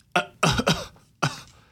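Four short, sharp cough bursts in under two seconds, clean and without a rattling or gurgling quality. A man imitates a dry, non-productive cough, with no audible phlegm.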